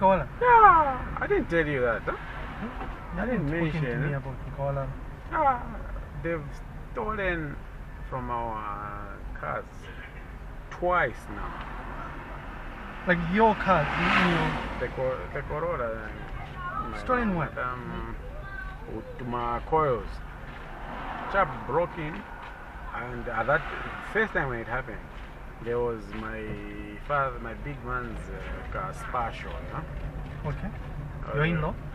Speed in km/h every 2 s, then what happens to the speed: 12, 10, 11, 10, 9, 7, 6, 9, 10, 9, 7, 5, 5, 6, 10, 15.
0-24 steady at about 9. 24-32 speeds up to 15.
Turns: none.